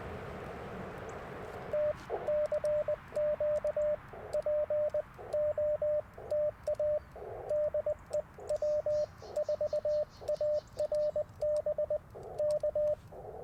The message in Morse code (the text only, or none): T CQ POTA DE W4ARB K